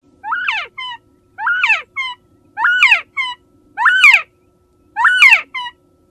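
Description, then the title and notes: Northern Bobwhite calls: a strong rising-then-falling whistled note followed by a short clipped note, repeated five times about every 1.2 seconds against a quiet background. Recorded near Tallahassee at a research station where this game bird has long been studied. "Tall Timbers Research Station in search of the elusive Northern Bobwhite"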